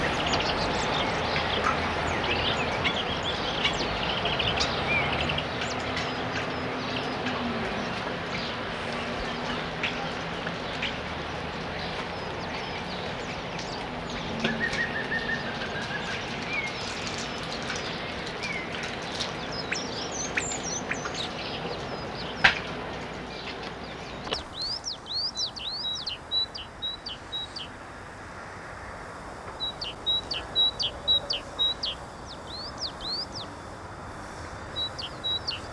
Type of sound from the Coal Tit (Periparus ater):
song